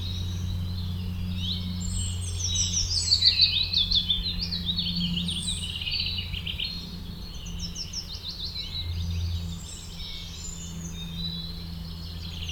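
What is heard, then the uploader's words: Birds chirp and trill almost without pause in a forest, bright overlapping calls from several directions, busiest around the three-to-five second mark. Underneath runs a steady low hum, like traffic or machinery, with the whole scene fairly even in loudness. Forest near Hiltrup - 7pm - binaural version (Headphones).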